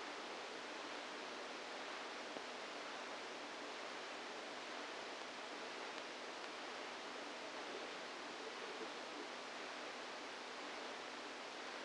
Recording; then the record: brain microelectrode recording played as sound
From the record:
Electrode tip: outside the subthalamic nucleus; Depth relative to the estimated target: 2 mm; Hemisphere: right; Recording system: NeuroSet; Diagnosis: Parkinson's disease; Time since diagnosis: 7 years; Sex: female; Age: 68 years